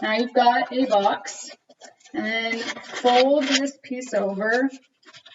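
Someone talks while folding a flap of a take-home cardboard STEM kit box over so that its small tab can go into its slot, with faint handling sounds and a brief quiet tick near 5.3 s. The clip ends before the tab reaches the slot, so nothing has seated or clicked yet.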